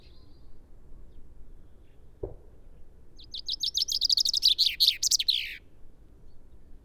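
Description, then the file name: Common chaffinch song: a rapid run of bright repeated notes ending in a descending flourish, lasting about two and a half seconds, after a single low thump. "Fringilla coelebs"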